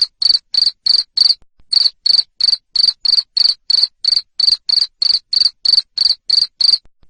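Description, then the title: Cricket calling with loud high-pitched chirps, about three per second, one short pause early on. Loud cricket chirping (Indonesian "jangkrik ngerik") used to stimulate lovebirds to keep singing ("ngekek"). "Suara JANGKRIK NGERIK Keras Bikin LOVEBIRD Jadi NGEKEK Terus Vubey"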